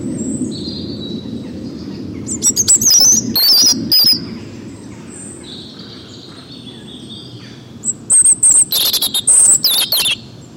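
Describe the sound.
Bird chirping in two lively bursts of high, rapid chirps and twitters, separated by quieter stretches of faint thin calls over low background rumble.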